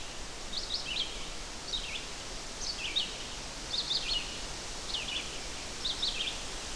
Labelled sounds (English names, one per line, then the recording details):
Red-eyed Vireo song
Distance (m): 30 m
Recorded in boreal forest in Alberta, Canada, on 12 June 2016 at 05:45
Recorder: SongMeter 3, array SBT-3-18
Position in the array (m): 233 m, 103 m